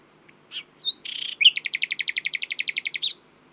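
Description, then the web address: Common nightingale song: a few soft notes and a buzzy burst lead into a rapid, evenly repeated run of sharp notes lasting about one and a half seconds. "owen Common Nightingale (Luscinia megarhynchos)"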